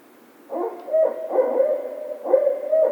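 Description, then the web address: Barred owl delivering a rapid run of loud, slightly wavering hoots in quick succession, several notes packed into three seconds. Recorded 16 March 2010. "Barred Owl 2010 03 16 Barred Owl"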